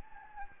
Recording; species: mosquito wingbeat signal from an infrared sensor; Anopheles gambiae